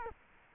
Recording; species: mosquito wingbeat signal from an infrared sensor; Culex quinquefasciatus